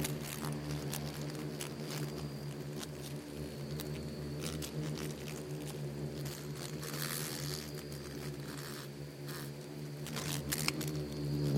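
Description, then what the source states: Insects in a swarm: a low steady hum with sharp ticks and crackles, growing louder toward the end. Bugs and beetles swarming in the Namib desert; a desert seeming quiet at first listen but full of soundscapes and micro-sounds.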